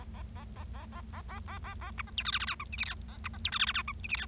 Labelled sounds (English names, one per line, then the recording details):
Bengalese Finch song
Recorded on 25 March 2012 at 11:45
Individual gy6or6